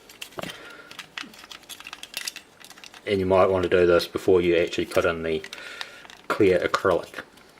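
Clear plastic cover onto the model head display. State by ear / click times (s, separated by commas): not seated / none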